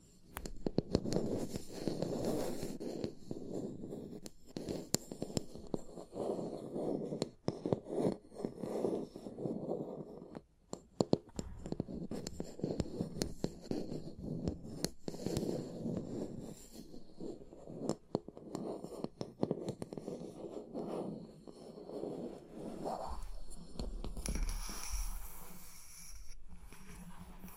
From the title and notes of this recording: Tapping and Scratching (No Talking).